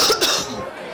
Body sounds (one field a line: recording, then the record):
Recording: coughing mixed with background sound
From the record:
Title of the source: November cold (wet coughing)